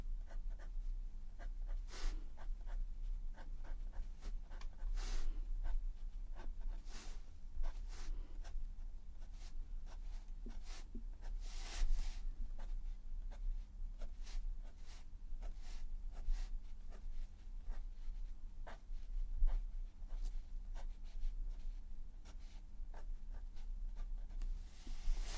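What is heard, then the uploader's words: Colored pencils scratch and tap against paper, with short strokes and scrapes arriving irregularly every second or so. A few louder strokes stand out around five and twelve seconds. A faint steady low hum sits underneath throughout. ASMR Relaxing Colouring- Pencil Sounds and Visual Triggers.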